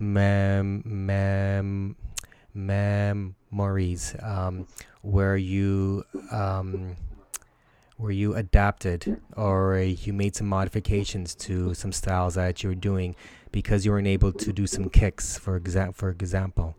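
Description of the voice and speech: A low-pitched adult male voice stalls on "memories" with repeated, drawn-out "m" sounds and a nearly two-second pause. It then repeats the phrase "where you" and restarts "for exa- for example": developmental stuttering with repetitions, prolongations and blocks.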